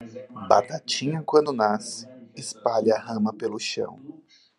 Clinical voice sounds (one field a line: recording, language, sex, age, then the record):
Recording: short text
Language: Brazilian Portuguese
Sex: male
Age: 30 to 39 years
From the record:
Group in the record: control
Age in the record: 31 years